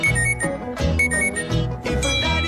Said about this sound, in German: Wenn Ihr Smartphone am Strand klingelt, während Sie gerade in der Sonne liegen, dann liegt das möglicherweise an einem echt nervigen Chef oder an Ihrem neuen Badeanzug.